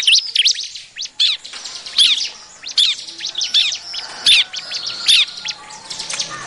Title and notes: BURUNG CIBLEK MANCING LAINNYA. Suara Ciblek Pikat